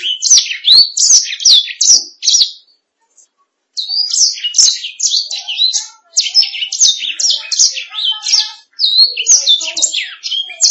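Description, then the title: Canary song: rapid run of high chirping, sweeping notes, a brief pause near three seconds, then the bright warbling resumes in dense phrases. "BM Suara Kenari"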